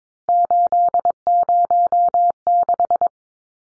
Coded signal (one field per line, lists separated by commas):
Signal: Morse code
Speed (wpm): 22 wpm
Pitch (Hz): 700 Hz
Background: none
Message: 806